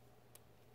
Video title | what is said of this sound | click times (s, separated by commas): WISMEC Presa TC75W MOD + Amor Plus Tank Review - Joyetech | it turns and it locks and it clicks | 0.4 s